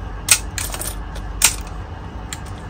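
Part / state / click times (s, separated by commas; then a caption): speargun shaft into trigger release mechanism / not seated / none. A steel speargun shaft is being handled and pushed toward the speargun's stainless-steel trigger release mechanism. Sharp metallic taps are heard at about 0.3 s, 0.6 s and 1.5 s over a low background. Nothing has seated or latched into the mechanism yet.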